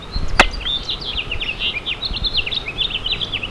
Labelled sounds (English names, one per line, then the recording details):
House Finch song
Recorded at Babylon on Long Island, New York, on 18 May 2013
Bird G